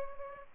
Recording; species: mosquito wingbeat signal from an infrared sensor; Aedes albopictus